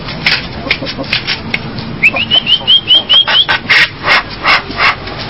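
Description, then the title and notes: Javan myna song: a steady string of several rising whistles, flanked by rough, wheezy chattering notes. "Jalak Kebo. Kicau Burung Jalak"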